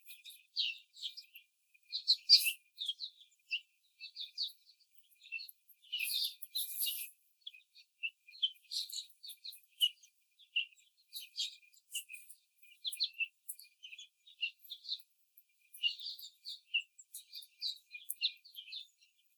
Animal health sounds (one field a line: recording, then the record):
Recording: young laying hens in a cage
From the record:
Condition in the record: after the stressor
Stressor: simulated dog barking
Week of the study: 4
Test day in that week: 2